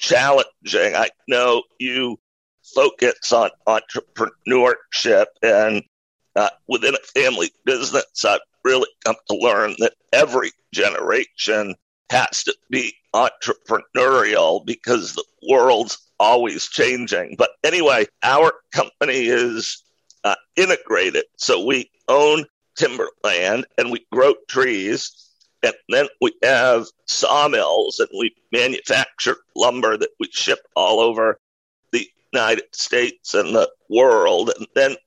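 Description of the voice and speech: Adult male speaker with a rare neurological voice disorder (dysphonia), a partial loss of voice acquired years earlier that made speaking particularly difficult; the voice has since improved and speech is free and painless, but it still sounds unusual. Connected conversational speech with frequent breaks and pauses.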